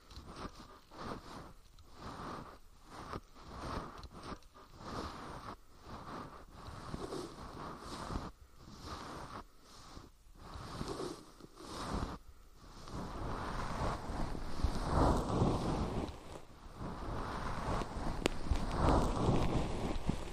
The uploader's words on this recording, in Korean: 솜털 귀청소 동시에 (인트로 수다 X).